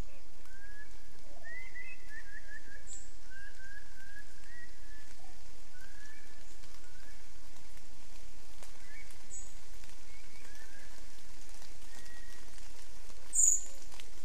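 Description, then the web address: Eurasian blackbird fluting song, soft warbled phrases repeated throughout, over steady rain with a sharp high chirp near the end. "SETE data Turdus merula"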